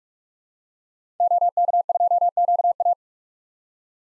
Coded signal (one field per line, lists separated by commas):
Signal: Morse code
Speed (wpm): 46 wpm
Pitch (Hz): 700 Hz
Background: none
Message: OK2QA